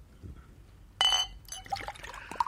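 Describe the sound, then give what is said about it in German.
A drink is poured into a glass: a sudden splashing gush, then a second or so of bubbling, gurgling liquid with a faint clink near the end. No talking. “Gib mir auch ein Glas.”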